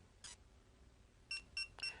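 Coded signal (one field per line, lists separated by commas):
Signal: beep code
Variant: TST 507 TPMS display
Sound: a soft hiss burst, then three quick high electronic beeps, cut off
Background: small room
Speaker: I'm gonna hold down the back button until it beeps six times there's three there's three more and it says delete all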